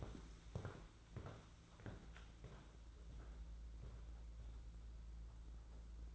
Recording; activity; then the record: daily activity, microphone in the room; walk to room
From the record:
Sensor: 3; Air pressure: 992.0 hPa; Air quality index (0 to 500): 227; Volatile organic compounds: 1000 ppm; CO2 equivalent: 7818 ppm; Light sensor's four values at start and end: 19/53/22/18 and 25/75/31/26